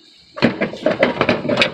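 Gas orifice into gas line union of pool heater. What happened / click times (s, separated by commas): The orifice is being pushed into the union but has not yet snapped home / none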